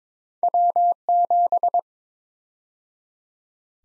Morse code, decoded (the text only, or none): W7